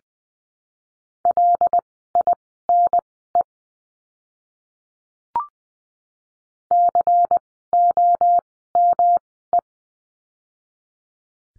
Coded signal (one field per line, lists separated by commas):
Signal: Morse code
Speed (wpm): 20 wpm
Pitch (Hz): 700 Hz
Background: none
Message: LINE COME